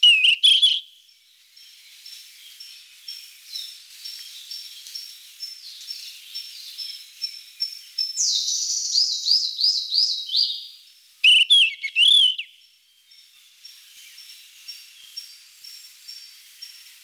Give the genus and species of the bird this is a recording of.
Ficedula zanthopygia